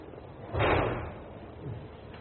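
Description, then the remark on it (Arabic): A door thuds shut with a broad, heavy bang lasting about half a second, followed by a softer knock of the door settling, then low background hum. The door is being used by people coming in during a lesson. “لأنه في بعض الناس يريدون الدخول، إذا تفتحون الباب قليلا بحيث لا يدخل الصوت عاليا ولا أيضا الباب يغلق.”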